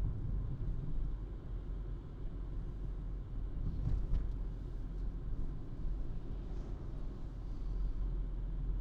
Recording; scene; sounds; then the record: everyday scene through a hearing-aid microphone; in a vehicle; engine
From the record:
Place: Berlingo II, diesel engine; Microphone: in the ear canal, right